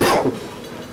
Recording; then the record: coughing mixed with background sound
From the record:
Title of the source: Coughing 77